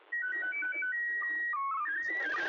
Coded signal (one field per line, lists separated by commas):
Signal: SSTV (slow-scan television)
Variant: PD 120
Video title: SSTV ISS #Expedition63 4/10 Grid Square OI91ik (2)